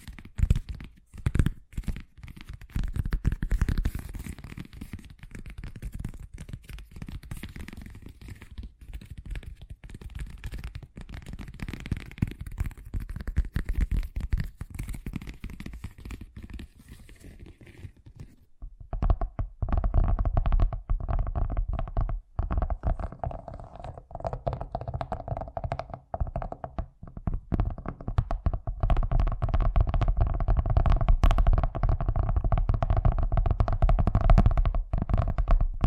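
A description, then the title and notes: Fast tapping runs throughout as a dense stream of quick, irregular clicks with a dull low thud underneath. Around nineteen seconds the sound changes: the bright upper edge drops away and the tapping turns louder, heavier and more muffled, staying busy to the end. ASMR Braingasm Inducing Fast Tapping (No Talking).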